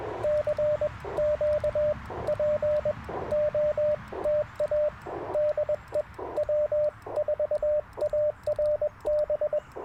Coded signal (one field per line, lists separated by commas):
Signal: Morse code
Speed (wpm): 21 wpm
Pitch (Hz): 600 Hz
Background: radio noise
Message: CQ P OTA DE W4ARB